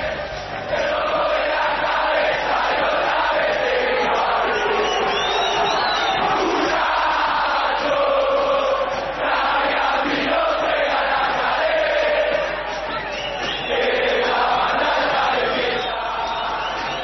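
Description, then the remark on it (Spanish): A large crowd of Racing football fans at the first match of the season chants and shouts loudly and continuously, their massed voices rising and swelling in waves with no break for the whole stretch. “¿Así vas a gritar?”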